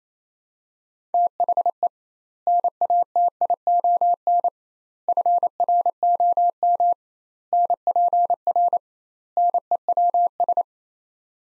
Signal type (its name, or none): Morse code